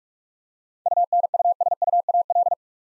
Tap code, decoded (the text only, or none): none